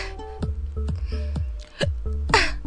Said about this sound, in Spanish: ¡Rayos! ¡Tengo hipo! ¡Tengo hipo!